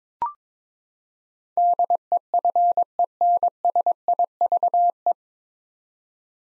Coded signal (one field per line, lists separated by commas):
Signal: Morse code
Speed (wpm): 21 wpm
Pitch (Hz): 700 Hz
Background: none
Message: DEFENSIVE